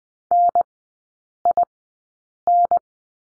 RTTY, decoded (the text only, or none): none